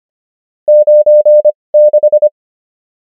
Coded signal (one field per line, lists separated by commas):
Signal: Morse code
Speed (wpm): 25 wpm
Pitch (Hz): 600 Hz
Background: none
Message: 96